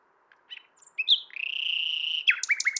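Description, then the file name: Common nightingale song: a few soft notes, then a long sustained whistle held about a second, breaking into quick loud repeated notes. "Luscinia megarhynchos"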